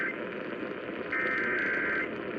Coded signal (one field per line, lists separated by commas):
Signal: Emergency Alert System (SAME) tones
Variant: header bursts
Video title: (EAS 42) Immediate Evacuation